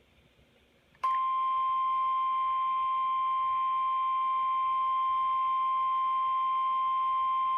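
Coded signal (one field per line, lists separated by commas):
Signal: Emergency Alert System (SAME) tones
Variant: 1050 Hz attention tone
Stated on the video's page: EAS alerts, some received on a handheld receiver.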